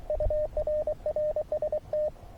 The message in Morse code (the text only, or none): UR RST